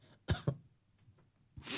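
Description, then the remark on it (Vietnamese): Two sharp, loud coughs in quick succession, followed by a short lull and then a harsh, rushing burst of noise at the end, with no talking. “Ho quá.”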